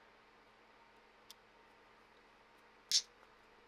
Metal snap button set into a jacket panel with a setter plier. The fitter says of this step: okay I think I got it I heard it click